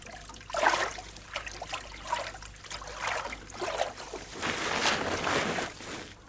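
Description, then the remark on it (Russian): River water flows and trickles in uneven surges, with soft splashing swells rising and falling throughout and a steadier rush toward the end, as logs drift past and a person on the bank pulls them ashore with a hooked stick. No voices are heard. “Стоит на берегу и палкой подтаскивает к берегу проплывающие мимо бревна.”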